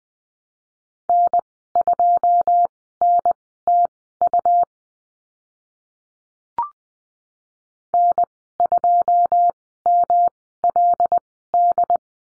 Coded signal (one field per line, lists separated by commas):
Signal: Morse code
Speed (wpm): 20 wpm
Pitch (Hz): 700 Hz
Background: none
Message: N2NTU N2MLD